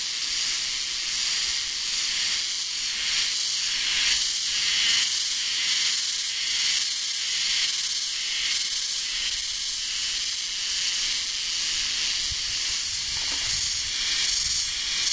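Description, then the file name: Himeharuzemi cicada calling, a loud continuous high-pitched hiss that swells and fades in slow pulses about once a second. "himearuzemi"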